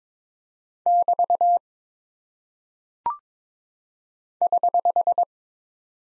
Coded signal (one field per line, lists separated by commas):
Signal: Morse code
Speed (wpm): 22 wpm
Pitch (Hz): 700 Hz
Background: none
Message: <BT> <HH>